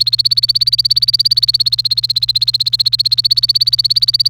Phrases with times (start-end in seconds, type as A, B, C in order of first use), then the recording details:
0.00-4.29 A. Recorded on 28 April 2018 at 15:05. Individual llb3